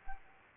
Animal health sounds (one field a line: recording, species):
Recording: mosquito wingbeat signal from an infrared sensor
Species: Aedes aegypti